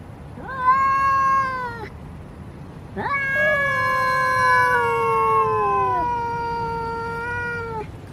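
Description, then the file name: Domestic cat giving two drawn-out yowls, a shorter one and then a long one lasting about five seconds. Male cat (tomcat). "tieng meo duc keu"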